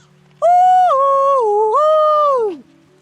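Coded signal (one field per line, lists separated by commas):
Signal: whistled language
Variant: Kongthong jingrwai iawbei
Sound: a short hummed or sung tune of about two seconds that steps high, lower, high, then slides down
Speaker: That is my tune. So when you say that, everyone knows it's you? Yeah. In Chongqing, if they need to call me, they don't call me by my name. They call me by my tune.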